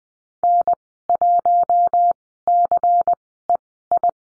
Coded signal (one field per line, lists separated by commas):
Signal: Morse code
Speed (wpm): 20 wpm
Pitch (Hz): 700 Hz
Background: none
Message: N1CEI